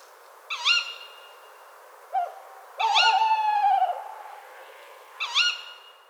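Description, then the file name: Tawny owl calling: a shrill ke-wick, a short lower note, then a long wavering quavering note, ending with another sharp ke-wick. A pair calling in a park at Cîteaux, France, on 30 December 2013 at 17:40. "Chouette-hulotte Couple. Citeaux parc"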